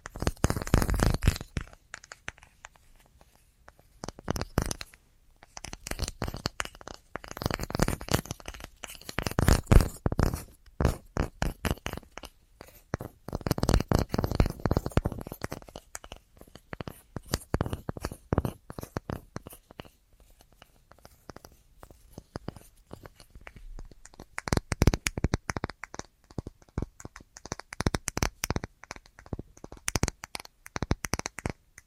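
An assortment of tapping: fast, crisp taps arrive in dense bursts lasting a few seconds each, separated by brief quieter stretches. The taps are bright and clicky with some dull low thumps, and a few passages take on a crinkly, crunchy texture.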